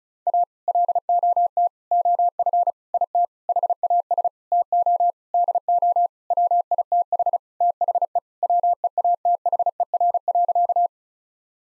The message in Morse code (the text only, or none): A LOT OF IT HAS TO DO WITH THE WEATHER.